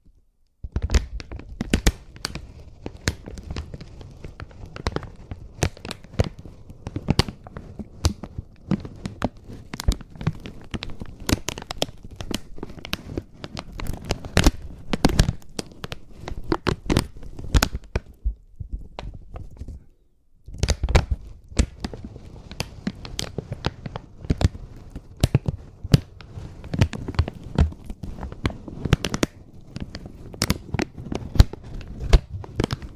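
Crinkling sounds, soft and continuous, made of dense sharp crackles and crunches scattered irregularly across the full range from low to bright. The handling runs steadily with a short silent gap near twenty seconds, then resumes with similar busy, uneven crackling.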